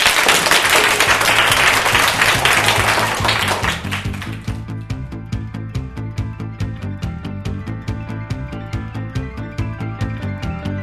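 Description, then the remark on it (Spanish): A loud burst of applause from pupils of the Colegio Virgen de Gracia school, dense and steady for a few seconds before giving way to rhythmic music with a regular plucked beat. “Esta ha sido parte de una gran narración que hemos grabado en este colegio en este día de hoy, con los alumnos del Colegio Virgen de Gracia, al cual a toda la audiencia le van a dedicar este sonoro aplauso.”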